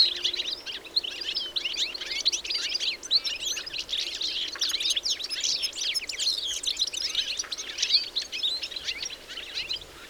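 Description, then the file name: European goldfinch twittering: a dense, unbroken stream of quick high notes piling over one another, fading slightly at the close. "Carduelis carduelis"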